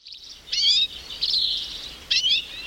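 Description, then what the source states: Hoary Redpoll giving high buzzy chattering calls in three short bursts, each a quick run of dry notes. 3 February 2009.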